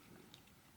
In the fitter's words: just to show you that it fits properly, locks into place,